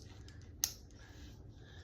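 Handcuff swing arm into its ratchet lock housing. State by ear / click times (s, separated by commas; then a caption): seated / 0.6 s. The swing arm of a metal ASP FORGED ridged handcuff is closed into its ratchet lock housing, with faint ticks at 0.3, 0.4 and 0.9 seconds. At 0.6 seconds the ratchet teeth engage the pawl with one sharp, loud click. The cuff is seated closed, over a steady low background rumble.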